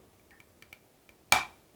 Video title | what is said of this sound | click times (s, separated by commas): 오아 듀얼 미스트 가습기 가성비의 1년 사용기 리뷰! | 이렇게 여기에 소리가 나야 | 1.3 s